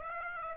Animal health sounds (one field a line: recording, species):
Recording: mosquito wingbeat signal from an infrared sensor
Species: Aedes aegypti